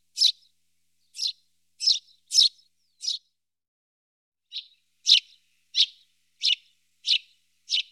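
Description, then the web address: Eurasian tree sparrow chirps in a steady series, a few sharp notes, a pause of over a second, then a regular run of similar chirps. "IVN Zangvogels -Ringmus"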